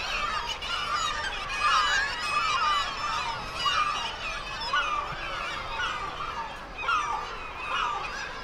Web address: sound Black-legged-kittiwake. صدای-پرنده-کاکایی-پاسیاه